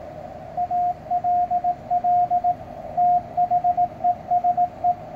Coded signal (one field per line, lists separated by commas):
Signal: Morse code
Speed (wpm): 17 wpm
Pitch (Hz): 710 Hz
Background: radio noise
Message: ALL THESE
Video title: CW with ham radio deluxe